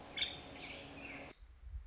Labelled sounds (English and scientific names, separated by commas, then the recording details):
Nuttall's Woodpecker (Dryobates nuttallii)
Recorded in Sonoma County, California